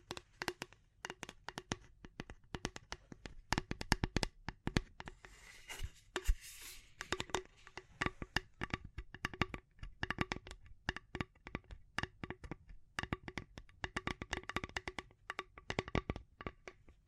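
Tapping and scratching: sharp, dry taps come in quick irregular bursts, sometimes several per second, with brief pauses between clusters. Around six to seven seconds a softer rough scratching sound fills in beneath the taps. The clicks are crisp and bright throughout.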